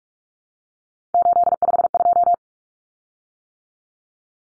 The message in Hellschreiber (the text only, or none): none